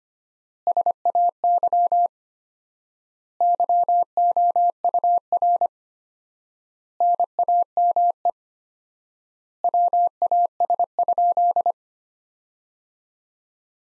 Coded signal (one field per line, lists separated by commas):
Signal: Morse code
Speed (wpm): 25 wpm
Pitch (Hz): 700 Hz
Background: none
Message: SAY YOUR NAME WAS?